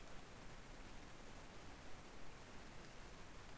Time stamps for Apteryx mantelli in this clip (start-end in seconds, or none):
none